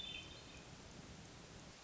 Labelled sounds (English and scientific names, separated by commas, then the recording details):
Hermit Thrush (Catharus guttatus)
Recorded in Sonoma County, California